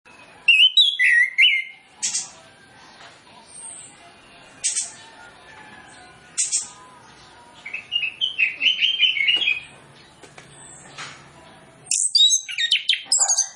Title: Masteran Anis Kembang Full Isian Untuk Suara Pancingan Anis Kembang Agar Cepat Ngeplong